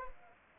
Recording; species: mosquito wingbeat signal from an infrared sensor; Anopheles arabiensis